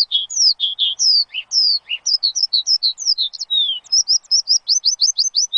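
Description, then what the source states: Bird song, varied high slurred whistles, then a run of short repeated rising notes at the end. Bird chirping used to train pet birds.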